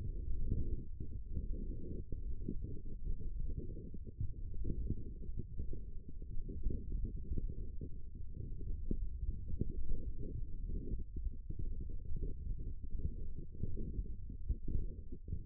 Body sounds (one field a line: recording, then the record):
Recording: forearm muscle sounds (acoustic myography)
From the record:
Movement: wrist extension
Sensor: system 1, eight BSWA MPA416 microphones around the upper forearm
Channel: 7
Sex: male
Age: 18 years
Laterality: right